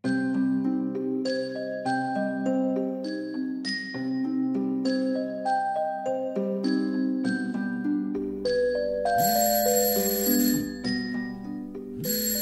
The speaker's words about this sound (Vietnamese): Đang mơ màng ngủ, tôi bị đánh thức bởi tiếng chuông báo từ cái điện thoại để đầu giường.